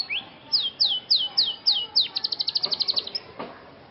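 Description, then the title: Scotch Fancy canary giving a string of slurred falling whistles about every third of a second, then a quick trill of short bright notes. Scotch Fancy canary singing actively (gacor) in an elaborate cengkok mewah (luxurious melodic phrasing) song style. "Cengkok Kenari Mewah. KENARI SCOTCH FANCY GACOR CENGKOK MEWAH"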